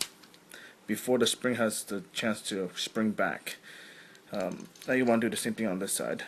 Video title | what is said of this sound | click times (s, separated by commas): Generations War For Cybertron Soundwave MSL Review | snap the tab into that hole | 0.0 s